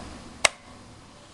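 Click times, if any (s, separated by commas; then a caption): 0.4 s. A pistol magazine is pressed into a plastic belt pouch and seats with a single short, sharp click at 0.5 s that spans from the low mids up to the highs. Low, steady background noise fills the rest of the clip, and the magazine is seated.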